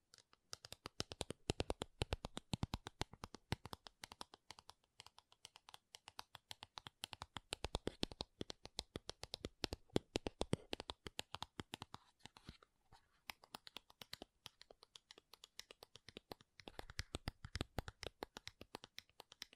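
Tapping and scratching on makeup containers, a dense run of sharp, bright clicks spread across the full range. The taps come quickly and irregularly throughout, easing briefly around the middle before picking up again near the end, with faint scratchy rustling between them.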